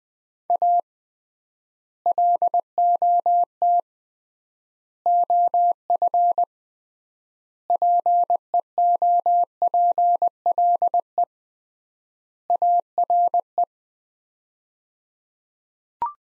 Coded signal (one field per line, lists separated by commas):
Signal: Morse code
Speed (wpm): 21 wpm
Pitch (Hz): 700 Hz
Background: none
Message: A LOT OF PEOPLE ARE